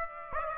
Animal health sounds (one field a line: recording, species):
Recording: mosquito wingbeat signal from an infrared sensor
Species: Aedes aegypti